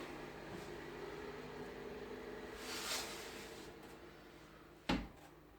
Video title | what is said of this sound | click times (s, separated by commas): Toothpick Strike Plate Trick to Fix Loose Closing Door | for the click oh yeah | 4.9 s